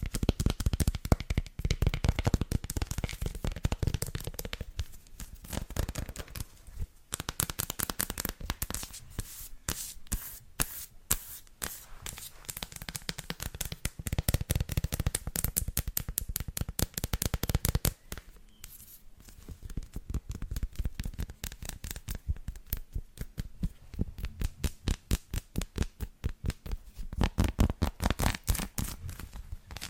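Fingernails tap and scratch across a textured chocolate surface in quick, dense bursts of crisp clicks and rasps that reach high into bright crackle. The rhythm is busy and uneven, with a brief quieter stretch around eighteen seconds before the rapid tapping resumes.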